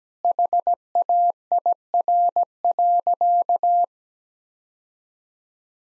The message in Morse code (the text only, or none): HAIR.